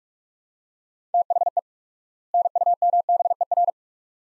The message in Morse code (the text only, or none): THE NUMBER